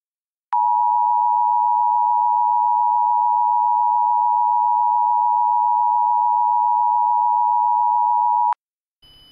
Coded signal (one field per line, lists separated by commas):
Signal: Emergency Alert System (SAME) tones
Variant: 853 and 960 Hz attention tone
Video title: EAS Mock #1. Georgia Required Weekly Test